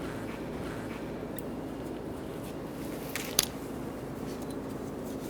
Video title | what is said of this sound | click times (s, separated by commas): How to Replace Rear ABS Wheel Speed Sensors 2012-2018 Ford Focus | push it on, make sure you hear the click. | 3.4 s